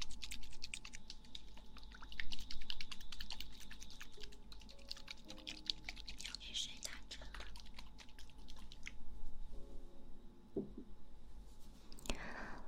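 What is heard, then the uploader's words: Crackly ear-picking sounds fill the recording: dense, rapid ticks and scratches that rise and fall in intensity. Brief soft wet mouth sounds appear around the fifth and tenth seconds, a faint steady hum runs underneath, and a sharp rustling burst comes near the end. ASMR kisses in the ear, comfortably picks out the ears.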